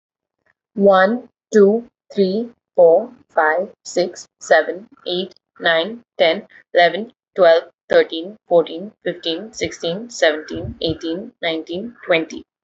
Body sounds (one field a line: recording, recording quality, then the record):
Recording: counting at a normal pace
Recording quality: excellent, no background noise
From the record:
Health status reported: healthy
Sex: female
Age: 26 years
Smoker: yes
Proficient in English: yes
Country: India